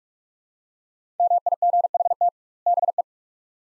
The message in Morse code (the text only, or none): MIGHT BE